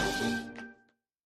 Sneezes on his face, going, etchi, or achoo etchi, which is the sound of sneezing.